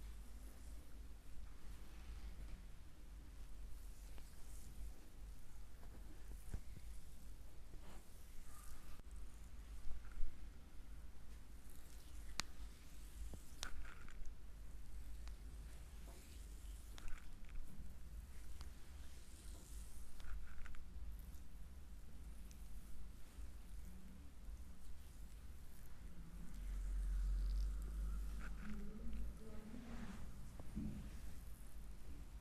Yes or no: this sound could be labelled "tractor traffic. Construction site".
no